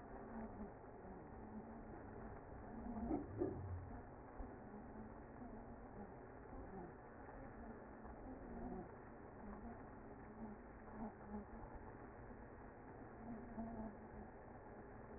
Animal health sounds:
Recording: honeybee colony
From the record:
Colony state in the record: active

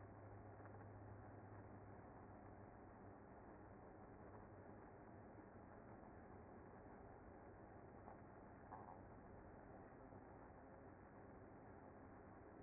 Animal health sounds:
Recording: honeybee colony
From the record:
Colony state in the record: active

